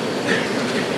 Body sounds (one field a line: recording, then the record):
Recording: background sound without coughing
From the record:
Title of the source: Office Sounds Ambience - Background Noise for Study and Work